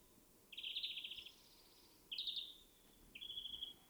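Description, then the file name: European greenfinch trilled calls: two short buzzy rattling bursts, then a thin, flat, whistled note, all fairly faint above background hiss. "Chloris chloris"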